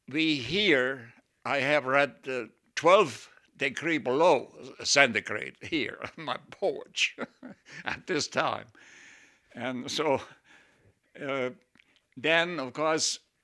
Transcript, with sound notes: we here, I have read twelve degree below centigrade here on my porch, (he laughs) at this time. And so then, of course,